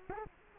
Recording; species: mosquito wingbeat signal from an infrared sensor; Culex quinquefasciatus